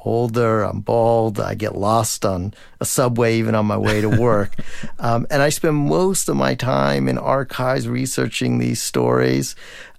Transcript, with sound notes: I'm older. I'm bald. I get lost on a subway even on my way to work.
(Laughter).
And I spend most of my time in archives researching these stories,